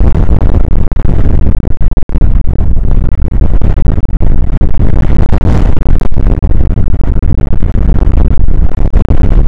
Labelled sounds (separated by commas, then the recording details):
wind
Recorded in the Prudhoe Bay oil fields, Alaska, on 29 May 2019 at 00:04
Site 25